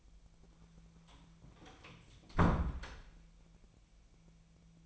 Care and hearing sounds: daily activity, microphone in the room; close door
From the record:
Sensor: 1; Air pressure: 1000.5 hPa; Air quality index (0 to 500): 180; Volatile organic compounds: 4 ppm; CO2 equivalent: 1668 ppm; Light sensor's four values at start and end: 12/29/12/14 and 12/28/12/13

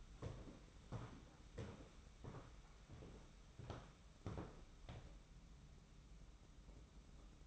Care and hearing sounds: daily activity, microphone in the room; walk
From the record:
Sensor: 1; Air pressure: 991.6 hPa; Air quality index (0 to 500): 168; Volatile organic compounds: 1000 ppm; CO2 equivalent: 6340 ppm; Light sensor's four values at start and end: 30/102/39/40 and 30/102/39/41

